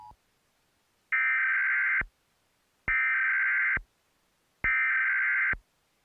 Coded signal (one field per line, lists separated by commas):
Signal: Emergency Alert System (SAME) tones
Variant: header bursts